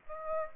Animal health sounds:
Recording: mosquito wingbeat signal from an infrared sensor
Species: Aedes aegypti

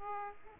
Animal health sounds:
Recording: mosquito wingbeat signal from an infrared sensor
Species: Aedes aegypti

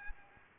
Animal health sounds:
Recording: mosquito wingbeat signal from an infrared sensor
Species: Aedes aegypti

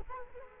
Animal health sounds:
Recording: mosquito wingbeat signal from an infrared sensor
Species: Culex quinquefasciatus

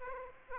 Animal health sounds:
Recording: mosquito wingbeat signal from an infrared sensor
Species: Aedes aegypti

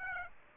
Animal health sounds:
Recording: mosquito wingbeat signal from an infrared sensor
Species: Aedes aegypti

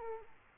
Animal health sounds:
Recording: mosquito wingbeat signal from an infrared sensor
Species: Aedes aegypti

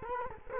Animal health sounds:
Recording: mosquito wingbeat signal from an infrared sensor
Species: Culex quinquefasciatus

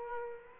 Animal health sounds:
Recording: mosquito wingbeat signal from an infrared sensor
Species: Aedes aegypti

